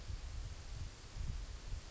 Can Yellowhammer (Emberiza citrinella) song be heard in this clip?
no